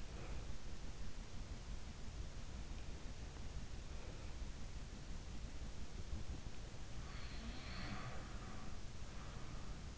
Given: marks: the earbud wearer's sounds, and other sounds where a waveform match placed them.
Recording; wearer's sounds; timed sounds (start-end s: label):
sounds in sleep by an in-ear microphone; breath
0.00-0.66 s: breath
7.36-9.86 s: sound from someone else or the room